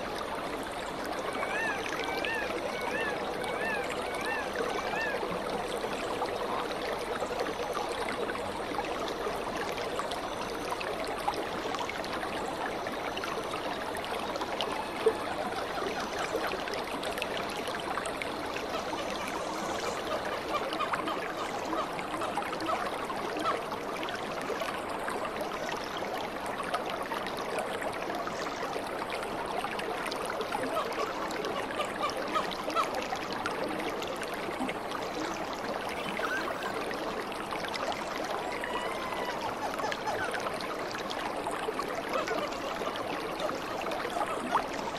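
Bubbling river falls in the Ecuadorian rainforest pour steadily through the whole stretch, a dense, even wash of water with no pauses or swells. Small bright chirps, likely birds or insects, flicker faintly above the rush, strongest in the first seconds.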